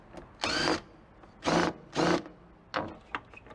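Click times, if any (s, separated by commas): none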